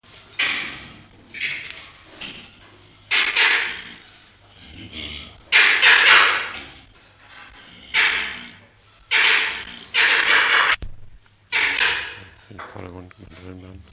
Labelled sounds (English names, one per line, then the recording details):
Malbrouck call
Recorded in captivity
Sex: male
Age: adult
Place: Zoo Rostock, Mecklenburg-Vorpommern, DE
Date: 1984-02-03 13:00
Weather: bedeckt, z. T. Regen, 3-5°C
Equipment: Nagra SN, Kopie Uher 4000 Report Monitor
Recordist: Tembrock, Günter